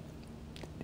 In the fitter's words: This thing locks into place to prevent the crown from being sheared